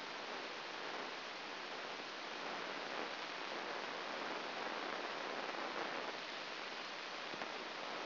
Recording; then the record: brain microelectrode recording played as sound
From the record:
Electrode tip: outside the subthalamic nucleus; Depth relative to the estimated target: -5 mm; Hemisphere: left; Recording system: AlphaMap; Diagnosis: Parkinson's disease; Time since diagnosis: 9 years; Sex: female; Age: 40 years